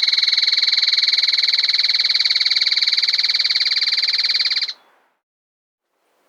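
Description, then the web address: Trilling tapaculo giving a long, steady, rapid trill of evenly spaced notes lasting nearly five seconds, then stopping abruptly, followed by silence until a brief sound at the very end. Andes, South America. "S America Andean Birds. Trilling Tapulco (Scytalopus Parvirostris)"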